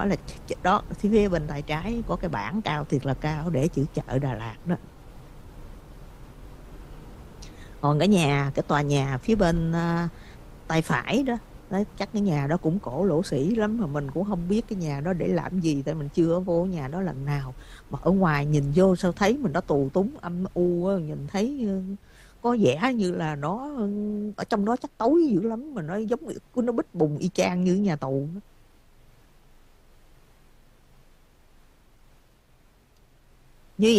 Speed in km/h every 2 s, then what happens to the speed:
52, 50, 50, 50, 52, 55, 53, 45, 39, 31, 21, 8, 0, 0, 0, 0, 0.
0-12 steady at about 52. 12-24 brakes to 0. 24-34 standing.